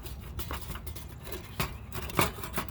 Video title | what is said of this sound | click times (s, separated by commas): reviewing uberleben stainless stove and cook pot | that all snaps into place | 2.2 s